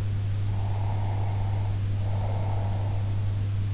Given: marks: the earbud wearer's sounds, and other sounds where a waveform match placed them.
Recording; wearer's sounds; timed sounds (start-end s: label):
sounds in sleep by an in-ear microphone; breath
0.46-3.17 s: breath